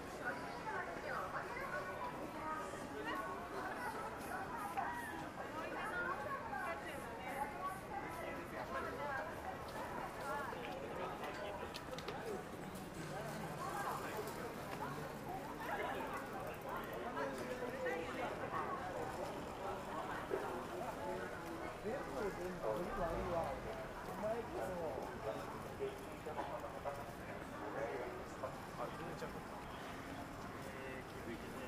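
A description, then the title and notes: Daytime street sound in Akihabara: a dense, unbroken crowd of overlapping voices talking at once, holding a steady level for the whole stretch. Faint traffic rumble sits underneath, with occasional brief sharp ticks and clatters cutting through. Akihabara,daytime.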